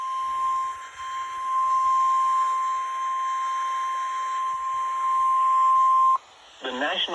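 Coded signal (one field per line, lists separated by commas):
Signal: Emergency Alert System (SAME) tones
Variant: 1050 Hz attention tone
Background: speech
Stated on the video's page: Weather radio alerts from several stations in Illinois, Indiana, Ohio and Kentucky.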